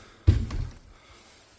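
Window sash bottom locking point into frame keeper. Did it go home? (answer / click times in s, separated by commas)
no / none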